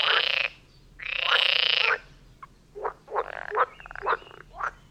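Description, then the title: Frog chorus opening with two long, loud rasping buzzes, then shorter croaks in quick succession, some rattling and overlapping. Chorus of frogs near Vellerner Brook in Neubeckum, recorded at 2pm in stereo. "Frog concert near Vellerner Brook in Neubeckum - 2pm"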